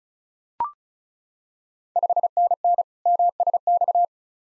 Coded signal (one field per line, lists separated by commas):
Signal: Morse code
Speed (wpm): 36 wpm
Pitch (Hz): 700 Hz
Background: none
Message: 5NN MSX